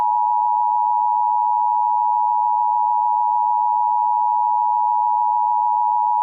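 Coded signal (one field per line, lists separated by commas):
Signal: Emergency Alert System (SAME) tones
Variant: 853 and 960 Hz attention tone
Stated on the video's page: Fictional tornado EAS scenario.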